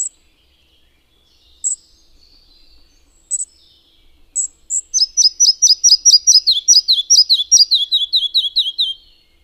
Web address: agykontroll Madardalok Cd 1. Kis légykapó